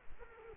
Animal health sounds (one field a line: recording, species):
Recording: mosquito wingbeat signal from an infrared sensor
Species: Culex quinquefasciatus